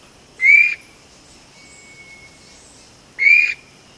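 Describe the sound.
Vogelkop bowerbird giving two strong rising whistled notes nearly three seconds apart, with a faint thin whistle between them.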